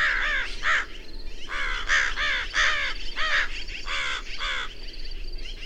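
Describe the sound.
Bird calls: repeated hoarse caws with a downward bend, several birds answering each other at irregular intervals.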